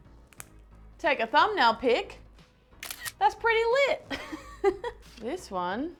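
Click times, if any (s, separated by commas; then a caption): 0.3 s, 0.4 s. The snap closure of a leather key ring holder with an Apple AirTag tracker tag slipped inside is pressed shut, giving two sharp, short clicks at 0.3 and 0.4 seconds as it snaps closed and seats. Someone then talks over music.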